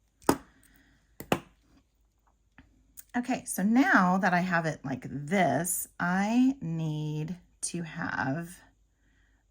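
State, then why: Seated. A metal clasp is pushed closed on a wire-wrapped bead bracelet made with a Jesse James Beads bead and Soft Flex CraftWire, giving a sharp click at 0.3 s as it locks shut, followed by a few softer taps around 1.2–1.3 s. From about 3 s, someone talks.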